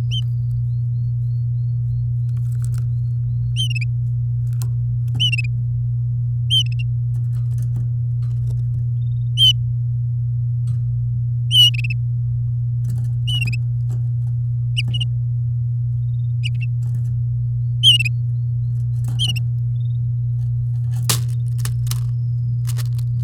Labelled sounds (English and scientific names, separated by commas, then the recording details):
Domestic Canary (Serinus canaria) song
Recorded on 6 May 2018 at 08:46
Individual llb16